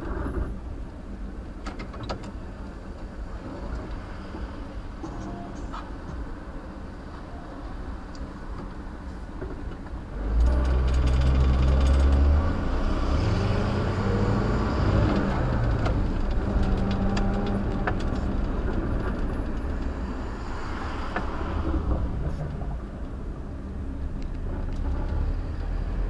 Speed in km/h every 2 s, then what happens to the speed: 8, 0, 0, 0, 0, 0, 18, 34, 34, 34, 34, 34, 11.
0-2 brakes to 0. 2-11 standing. 11-15 pulls away to 34. 15-26 slows to 11.